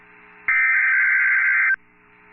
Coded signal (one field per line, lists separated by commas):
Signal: Emergency Alert System (SAME) tones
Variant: header bursts